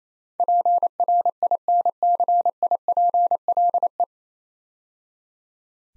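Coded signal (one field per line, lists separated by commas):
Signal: Morse code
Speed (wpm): 27 wpm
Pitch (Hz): 700 Hz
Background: none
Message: PRINCIPLE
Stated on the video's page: Build-a-word drill: nine-letter words copied three letters at a time at 28 wpm.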